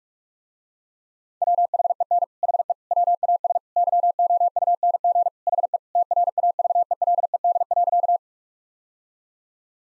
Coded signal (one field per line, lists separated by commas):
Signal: Morse code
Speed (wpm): 46 wpm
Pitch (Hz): 700 Hz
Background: none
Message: WHEN HE WAS YOUNG HE TRAVELED.